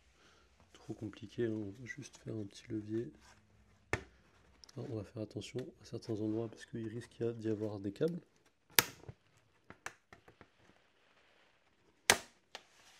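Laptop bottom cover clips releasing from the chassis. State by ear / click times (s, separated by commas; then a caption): released / 8.8 s, 9.9 s, 12.1 s. Someone talks while prying the plastic bottom cover off an HP Envy x360 M6 (M6-AR004DX) laptop with a lever tool, working carefully near the internal cables. The cover's retaining clips release from the chassis with sharp clicks at 8.8 s, 9.9 s and 12.1 s, coming free without being forced.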